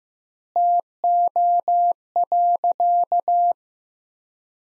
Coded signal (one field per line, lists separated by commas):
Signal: Morse code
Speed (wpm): 15 wpm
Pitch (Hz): 700 Hz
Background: none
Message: TO.